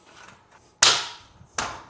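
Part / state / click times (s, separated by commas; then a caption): pocket door frame pieces into the frame assembly / seated / 0.8 s. Frame pieces are pressed into a pocket door frame assembly and snap into place. A loud, sharp broadband snap at 0.8 s trails off in a ringing decay, followed by a quieter, shorter snap at 1.6 s. The pieces are seated, snapping right in.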